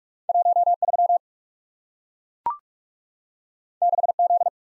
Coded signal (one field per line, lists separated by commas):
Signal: Morse code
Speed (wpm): 44 wpm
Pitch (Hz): 700 Hz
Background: none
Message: 13 6Z